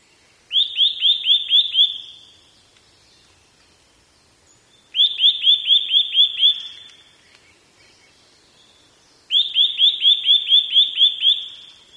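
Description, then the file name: Eurasian nuthatch calling in three bouts of seven or eight fast, sharp, rising piping notes, the bouts separated by several seconds of near silence. "gojukara"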